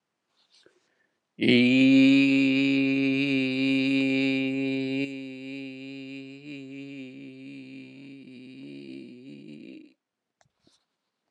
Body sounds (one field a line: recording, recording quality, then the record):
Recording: sustained vowel as in beet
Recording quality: excellent, no background noise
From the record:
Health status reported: exposed to COVID-19, no respiratory illness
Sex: male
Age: 53 years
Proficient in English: yes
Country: United States